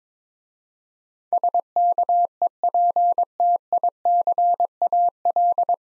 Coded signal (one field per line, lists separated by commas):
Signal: Morse code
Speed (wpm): 22 wpm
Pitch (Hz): 700 Hz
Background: none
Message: SKEPTICAL